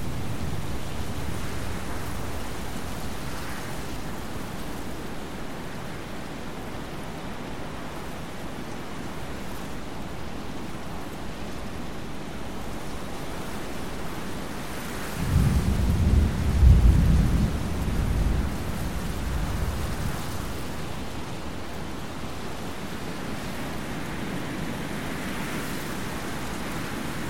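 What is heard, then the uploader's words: Steady rushing wind and rain noise runs throughout, with a deep rumble of thunder swelling around the middle before fading back. Thunderstorm Sounds for Sleep with Wind White Noise. Lightning & Thunder.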